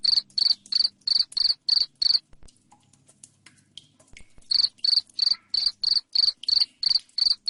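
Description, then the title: Cricket chirps, high and grating, in a quick regular series, then a silent gap of about two seconds before another run of chirps. Loud cricket chirping (jangkrik ngerik), used to prompt lovebirds into continuous ngekek chattering song. "Suara JANGKRIK NGERIK Keras Bikin LOVEBIRD Jadi NGEKEK Terus Vubey"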